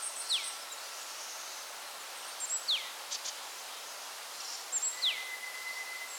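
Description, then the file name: Bird calls of sharp, falling whistles repeated about every two and a half seconds, one ending in a level held tone, over soft high background hiss. Birds in a forest at Alishan. "alishan 2 005 birds in the forest"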